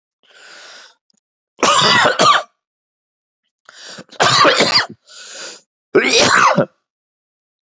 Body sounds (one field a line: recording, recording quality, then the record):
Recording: heavy voluntary cough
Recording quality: excellent, no background noise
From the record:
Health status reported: healthy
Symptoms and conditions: cough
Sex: male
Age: 32 years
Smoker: not ticked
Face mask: not worn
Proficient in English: yes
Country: United States